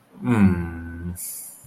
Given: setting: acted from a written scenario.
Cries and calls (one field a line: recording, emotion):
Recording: vocal sound without words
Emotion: awe